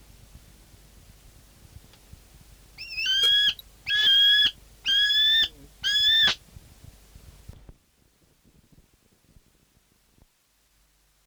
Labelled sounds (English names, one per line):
New Zealand Falcon